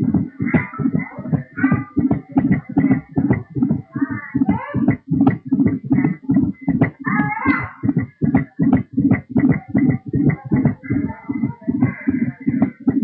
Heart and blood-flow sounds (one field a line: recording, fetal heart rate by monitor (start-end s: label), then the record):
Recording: fetal heart sounds by stethoscope on the mother's abdomen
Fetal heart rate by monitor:
0.00-10.00 s: 162 bpm
From the record:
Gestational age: 40 weeks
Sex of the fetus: boy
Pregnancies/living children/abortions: 1/0/0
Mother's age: 27 years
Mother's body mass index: 25.5